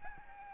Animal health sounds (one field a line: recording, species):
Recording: mosquito wingbeat signal from an infrared sensor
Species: Aedes albopictus